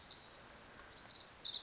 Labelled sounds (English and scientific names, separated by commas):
Pacific Wren (Troglodytes pacificus)